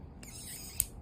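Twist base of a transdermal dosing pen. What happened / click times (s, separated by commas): The twist base clicked into its next dose step / 0.8 s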